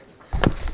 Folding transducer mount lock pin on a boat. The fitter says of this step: locks in place